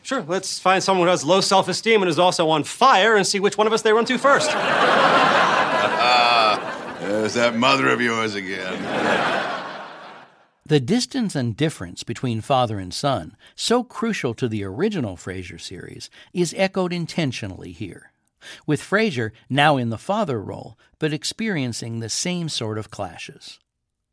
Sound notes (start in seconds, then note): 4.2 laughter; 8.4 laughter